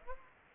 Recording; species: mosquito wingbeat signal from an infrared sensor; Anopheles arabiensis